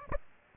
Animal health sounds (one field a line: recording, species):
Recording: mosquito wingbeat signal from an infrared sensor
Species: Aedes aegypti